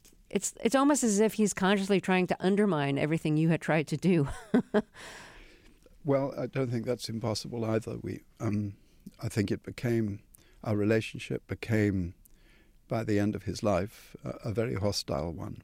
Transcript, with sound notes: it's almost as if he's consciously trying to undermine everything you had tried to do (laughter).
Well, I don't think that's impossible either. We - I think it became - our relationship became, by the end of his life, a very hostile one.